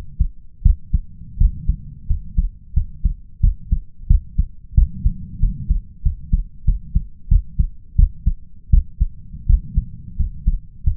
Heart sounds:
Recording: heart sounds by stethoscope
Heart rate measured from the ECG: 88 bpm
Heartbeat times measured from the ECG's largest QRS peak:
0.62 s: heartbeat
1.37 s: heartbeat
2.06 s: heartbeat
2.73 s: heartbeat
3.40 s: heartbeat
4.07 s: heartbeat
4.74 s: heartbeat
5.39 s: heartbeat
6.02 s: heartbeat
6.64 s: heartbeat
7.28 s: heartbeat
7.95 s: heartbeat
8.70 s: heartbeat
9.46 s: heartbeat
10.16 s: heartbeat
10.83 s: heartbeat
From the record:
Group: healthy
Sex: male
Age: 21 years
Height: 180 cm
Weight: 67.5 kg

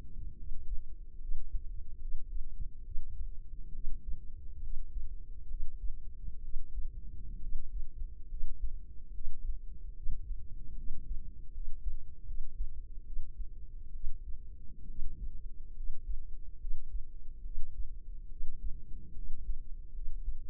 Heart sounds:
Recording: heart sounds by microphone in the left ear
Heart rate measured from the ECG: 71 bpm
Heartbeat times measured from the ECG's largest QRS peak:
0.34 s: heartbeat
1.17 s: heartbeat
1.97 s: heartbeat
2.81 s: heartbeat
3.70 s: heartbeat
4.59 s: heartbeat
5.46 s: heartbeat
6.40 s: heartbeat
7.38 s: heartbeat
8.26 s: heartbeat
9.11 s: heartbeat
9.92 s: heartbeat
10.73 s: heartbeat
11.50 s: heartbeat
12.23 s: heartbeat
13.02 s: heartbeat
13.91 s: heartbeat
14.85 s: heartbeat
15.73 s: heartbeat
16.57 s: heartbeat
17.41 s: heartbeat
18.27 s: heartbeat
19.12 s: heartbeat
19.91 s: heartbeat
From the record:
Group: healthy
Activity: cold pressor test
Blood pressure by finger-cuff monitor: 101/65 mmHg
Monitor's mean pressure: 77 mmHg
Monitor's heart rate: 70 bpm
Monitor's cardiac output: 5.6 L/min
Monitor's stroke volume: 80 mL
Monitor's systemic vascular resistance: 980 dyn s/cm5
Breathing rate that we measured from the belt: 16 breaths a minute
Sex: female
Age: 23 years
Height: 160 cm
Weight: 50.4 kg

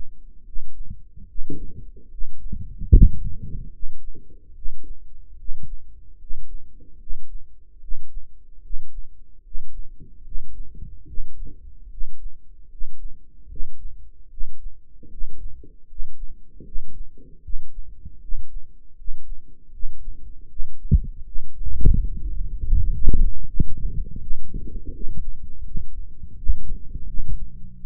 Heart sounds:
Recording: heart sounds by microphone in the right ear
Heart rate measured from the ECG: 77 bpm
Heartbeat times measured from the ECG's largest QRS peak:
0.44 s: heartbeat
1.26 s: heartbeat
2.09 s: heartbeat
2.90 s: heartbeat
3.71 s: heartbeat
4.53 s: heartbeat
5.36 s: heartbeat
6.18 s: heartbeat
6.98 s: heartbeat
7.79 s: heartbeat
8.61 s: heartbeat
9.42 s: heartbeat
10.23 s: heartbeat
11.05 s: heartbeat
11.89 s: heartbeat
12.68 s: heartbeat
13.48 s: heartbeat
14.29 s: heartbeat
15.09 s: heartbeat
15.87 s: heartbeat
16.63 s: heartbeat
17.41 s: heartbeat
18.20 s: heartbeat
18.95 s: heartbeat
19.71 s: heartbeat
20.48 s: heartbeat
21.24 s: heartbeat
21.99 s: heartbeat
22.72 s: heartbeat
23.45 s: heartbeat
24.19 s: heartbeat
24.92 s: heartbeat
25.63 s: heartbeat
26.35 s: heartbeat
27.06 s: heartbeat
27.75 s: heartbeat
From the record:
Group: healthy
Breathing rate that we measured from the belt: 19 breaths a minute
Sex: male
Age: 35 years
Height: 180 cm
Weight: 86.9 kg

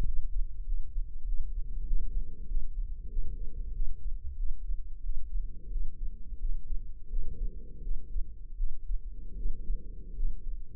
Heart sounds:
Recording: heart sounds by microphone in the left ear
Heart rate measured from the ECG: 89 bpm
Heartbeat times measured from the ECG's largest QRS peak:
0.03 s: heartbeat
0.63 s: heartbeat
1.24 s: heartbeat
1.84 s: heartbeat
2.46 s: heartbeat
3.08 s: heartbeat
3.71 s: heartbeat
4.35 s: heartbeat
5.01 s: heartbeat
5.69 s: heartbeat
6.38 s: heartbeat
7.08 s: heartbeat
7.80 s: heartbeat
8.55 s: heartbeat
9.34 s: heartbeat
10.14 s: heartbeat
From the record:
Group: healthy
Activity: cold pressor test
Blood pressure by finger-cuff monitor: 121/84 mmHg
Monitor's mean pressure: 98 mmHg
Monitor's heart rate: 91 bpm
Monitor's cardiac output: 6.6 L/min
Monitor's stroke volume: 72 mL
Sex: female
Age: 32 years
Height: 172 cm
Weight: 71.7 kg

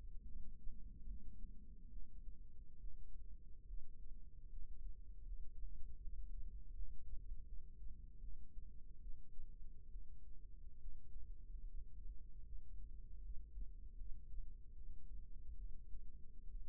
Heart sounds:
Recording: heart sounds by microphone in the right ear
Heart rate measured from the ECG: 74 bpm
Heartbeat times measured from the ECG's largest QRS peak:
0.24 s: heartbeat
1.06 s: heartbeat
1.91 s: heartbeat
2.79 s: heartbeat
3.66 s: heartbeat
4.49 s: heartbeat
5.23 s: heartbeat
6.00 s: heartbeat
6.73 s: heartbeat
7.45 s: heartbeat
8.20 s: heartbeat
9.01 s: heartbeat
9.90 s: heartbeat
10.80 s: heartbeat
11.65 s: heartbeat
12.44 s: heartbeat
13.21 s: heartbeat
13.97 s: heartbeat
14.74 s: heartbeat
15.56 s: heartbeat
16.48 s: heartbeat
From the record:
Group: healthy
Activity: cold pressor test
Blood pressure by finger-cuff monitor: 127/59 mmHg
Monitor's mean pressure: 82 mmHg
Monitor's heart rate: 74 bpm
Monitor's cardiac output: 7.5 L/min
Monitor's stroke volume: 99 mL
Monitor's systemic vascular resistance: 770 dyn s/cm5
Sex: female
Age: 37 years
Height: 168 cm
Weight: 70 kg

